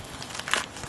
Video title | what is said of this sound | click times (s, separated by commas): 1994 Jeep Cherokee Hatch Support Strut Install | put it on push it listen for the click i think so | 0.5 s